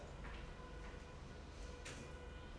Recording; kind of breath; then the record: one breath in and out by a microphone near the nose and mouth; normal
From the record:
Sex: male